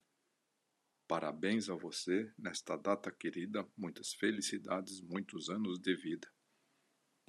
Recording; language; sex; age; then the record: short text; Brazilian Portuguese; male; 60 to 69 years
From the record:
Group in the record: control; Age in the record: 66 years